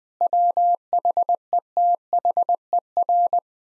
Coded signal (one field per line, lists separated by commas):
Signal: Morse code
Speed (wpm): 20 wpm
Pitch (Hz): 700 Hz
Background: none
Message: WHETHER